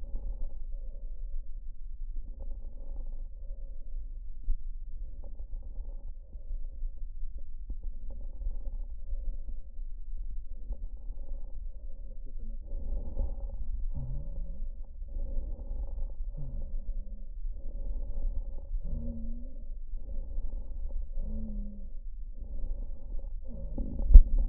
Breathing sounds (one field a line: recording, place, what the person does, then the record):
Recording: lung sounds by stethoscope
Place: right posterior basal chest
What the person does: quiet breathing, then deep breathing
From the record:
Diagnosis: interstitial lung disease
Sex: female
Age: 72 years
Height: 153 cm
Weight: 71 kg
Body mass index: 30.3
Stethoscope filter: diaphragm mode